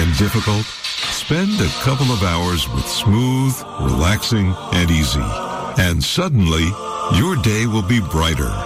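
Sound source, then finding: Adult male speaker. Normal speech.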